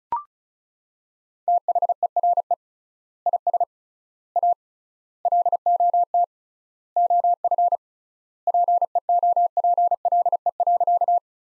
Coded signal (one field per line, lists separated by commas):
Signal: Morse code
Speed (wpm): 36 wpm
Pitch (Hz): 700 Hz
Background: none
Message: THERE IS A LOT OF PEOPLE.